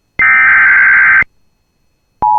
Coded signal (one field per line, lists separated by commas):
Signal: Emergency Alert System (SAME) tones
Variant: header bursts